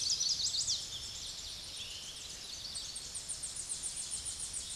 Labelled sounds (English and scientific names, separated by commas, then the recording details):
Tennessee Warbler (Leiothlypis peregrina) song
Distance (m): 40 m
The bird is about 15 m above the microphone
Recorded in a Pennsylvania forest on 16 May 2024 at 06:06
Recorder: AudioMoth, point MSD-2429
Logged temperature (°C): 16.7 °C
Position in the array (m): 77 m, 49 m